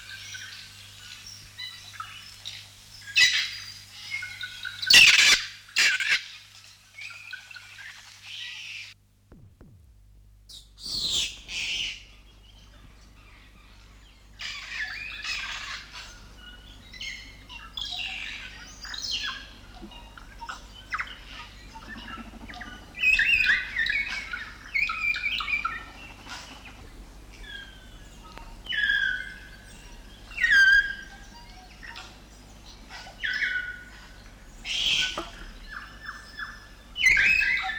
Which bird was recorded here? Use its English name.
Kākā